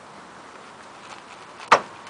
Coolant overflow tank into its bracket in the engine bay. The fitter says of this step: make sure it Clips you hear it clicking